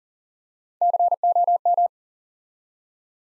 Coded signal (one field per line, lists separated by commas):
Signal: Morse code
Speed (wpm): 38 wpm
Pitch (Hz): 700 Hz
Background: none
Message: COM